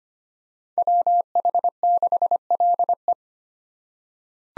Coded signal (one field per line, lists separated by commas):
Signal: Morse code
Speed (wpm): 25 wpm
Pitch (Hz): 700 Hz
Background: none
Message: WH6LE